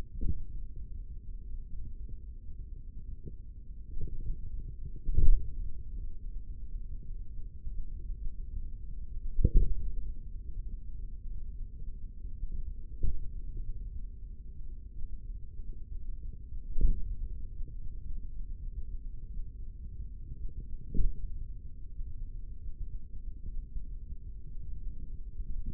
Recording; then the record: forearm muscle sounds (acoustic myography)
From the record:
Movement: hand opening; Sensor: system 3, bracelet of six PUI Audio POM-2738L microphones around the upper forearm, with dedicated amplification and filtering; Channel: 5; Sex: male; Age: 56 years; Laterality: right